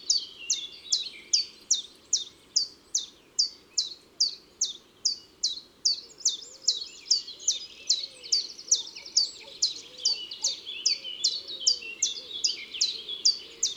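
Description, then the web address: Common chiffchaff repeating sharp falling notes in a long, even series, while other birds call and a lower warbling song runs beneath in the background. Recorded in March. "Mars Le Pouillot veloce. les 4 saisons des chants doiseaux"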